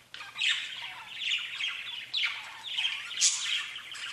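Budgerigar: budgie warble in quick scratchy phrases, each opening with a bright sharp chirp about every second.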